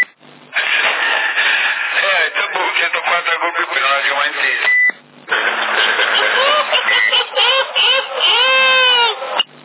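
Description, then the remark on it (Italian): Tinny, band-limited CB radio chatter in Sassari, June 2012, with voices talking, interrupted by a short steady electronic beep as one transmission ends, before another burst of radio speech follows. “non c'era quel bip.”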